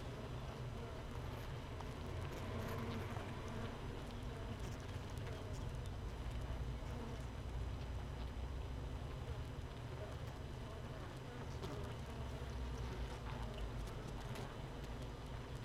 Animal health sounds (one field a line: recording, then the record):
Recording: honeybee colony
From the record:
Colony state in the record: missing queen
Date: 31 May 2018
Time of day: 15:11